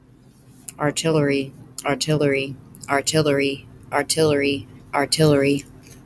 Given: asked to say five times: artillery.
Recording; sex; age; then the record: repeated word; female; 30 to 39 years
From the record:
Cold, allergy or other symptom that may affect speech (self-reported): no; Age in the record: 37 years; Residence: North Carolina, United States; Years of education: 13